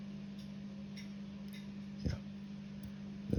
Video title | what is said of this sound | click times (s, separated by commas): I made a HUGE MISTAKE on this one🤦‍♂️ Vintage Jungfrau Tank restoration | Yeah, there we go. Snapped into place perfectly. | 3.3 s